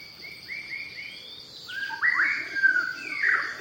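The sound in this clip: Shama song: a quick string of varied whistled notes with slurred rises and falls, backed by a constant high insect drone.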